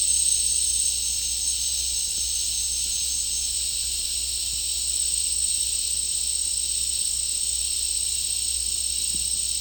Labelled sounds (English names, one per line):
none